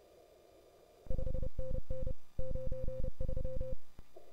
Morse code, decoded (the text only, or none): 5NN 93